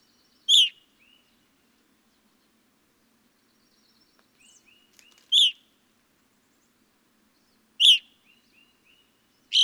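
Evening grosbeak giving four loud, short ringing call notes at uneven intervals, with soft whistled notes trailing between them.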